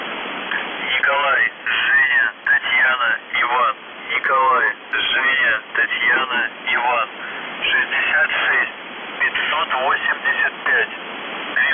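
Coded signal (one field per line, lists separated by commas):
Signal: numbers station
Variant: UVB-76, Russian voice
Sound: a male voice reading words in separated bursts over a narrow radio channel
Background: radio static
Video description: The Buzzer/UVB-76(4625Khz) December 11, 2021 Voice messages / 00:00 1340z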